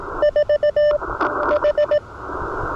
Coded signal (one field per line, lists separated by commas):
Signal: Morse code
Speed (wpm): 18 wpm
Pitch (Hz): 590 Hz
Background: none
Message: 4 H